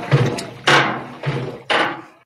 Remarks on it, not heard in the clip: A portion of his heartbeat. They put a microphone or some sensors onto your chest. They record the heartbeat. that sounds very rhythmic.